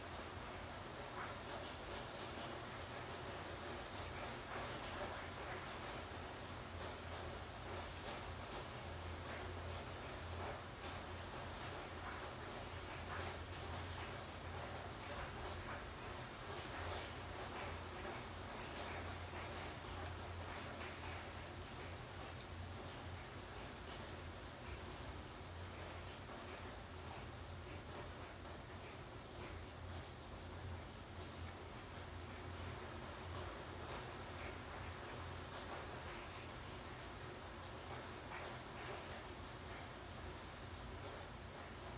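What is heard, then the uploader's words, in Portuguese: Steady, dense rain pours throughout, a constant hiss filled with countless fine drop ticks. The level barely changes over the whole stretch. A low rumble sits underneath, swelling slightly between about ten and twenty seconds. Esse episódio é uma coleção de sons de chuva gravados por mim com o objetivo de propiciar um ambiente relaxante.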